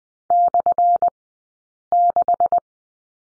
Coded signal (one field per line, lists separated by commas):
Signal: Morse code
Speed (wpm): 20 wpm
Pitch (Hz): 700 Hz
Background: none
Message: /6